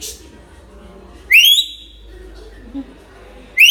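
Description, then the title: Hill myna whistles, two loud rising whistles with rich overtones, separated by quiet, the second at the very end. Tutor recording of a vocal hill myna used for training other birds to sing. "Suara Burung Beo Gacor Cocok Untuk Masteran"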